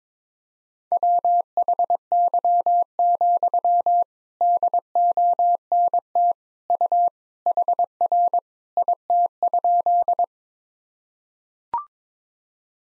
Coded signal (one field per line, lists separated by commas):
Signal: Morse code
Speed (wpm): 22 wpm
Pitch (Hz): 700 Hz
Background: none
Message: WHY, DONT U HR IT?